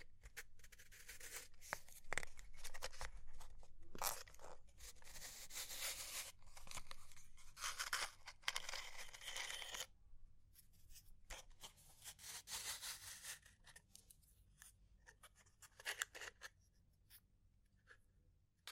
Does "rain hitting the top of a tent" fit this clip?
no